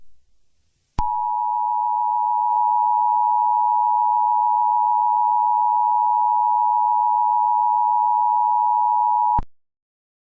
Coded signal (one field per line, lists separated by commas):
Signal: Emergency Alert System (SAME) tones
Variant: 853 and 960 Hz attention tone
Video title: Tung Tung Tung Sahur The EAS Scenario (#96)